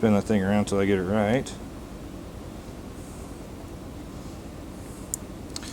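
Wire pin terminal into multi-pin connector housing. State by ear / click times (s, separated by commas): seated / 5.1 s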